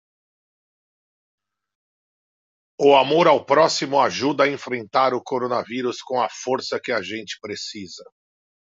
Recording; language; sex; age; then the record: spoken sentence; Brazilian Portuguese; male; 50 to 59 years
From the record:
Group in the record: control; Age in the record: 57 years